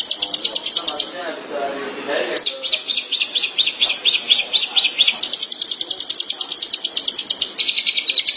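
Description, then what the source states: Long-tailed shrike song: quick high chattering notes broken by a brief lower noisy passage, then the rapid harsh chatter resumes and continues. Recorded in March 2017.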